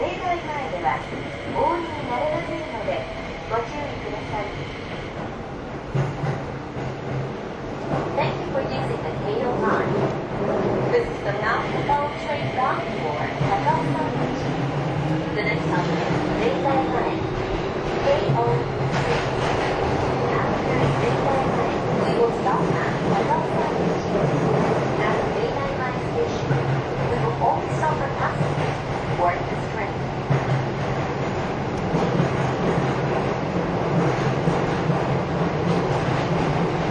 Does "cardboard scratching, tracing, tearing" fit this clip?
no